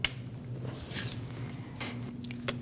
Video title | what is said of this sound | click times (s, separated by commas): How to Replace MAP Sensor 2014-2023 Jeep Cherokee 2.4L L4 | Wait for it to click. | 0.0 s